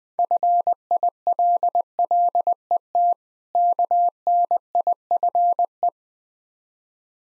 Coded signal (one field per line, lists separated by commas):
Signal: Morse code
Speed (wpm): 20 wpm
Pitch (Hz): 700 Hz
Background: none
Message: FILLET KNIFE